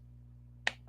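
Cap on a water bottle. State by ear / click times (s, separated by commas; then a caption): seated / 0.7 s. The screw cap on a bottle of drinking water, which takes two clicks to reclose, is turned shut over a low steady hum. One sharp click sounds at 0.7 s, and the cap clicks closed.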